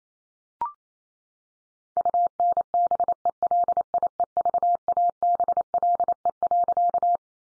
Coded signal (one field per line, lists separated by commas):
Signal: Morse code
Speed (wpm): 28 wpm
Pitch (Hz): 700 Hz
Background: none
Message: UNBELIEVABLE.